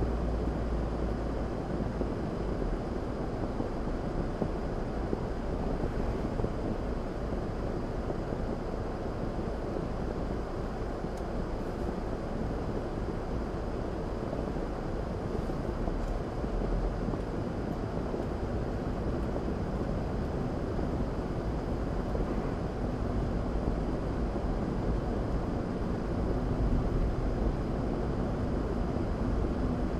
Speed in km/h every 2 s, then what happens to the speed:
37, 32, 29, 21, 18, 13, 13, 18, 26, 34, 35, 39, 44, 45, 47.
0-12 slows to 13. 12-30 speeds up to 47.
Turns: 9-11.